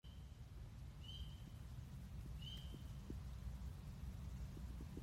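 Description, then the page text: Spring peeper calls: two short, clear, upslurred whistled peeps about a second and a half apart, over a steady low rumbling background noise. Recorded in Maryland. "Maryland Biodiversity. Spring Peeper ( Pseudacris crucifer )"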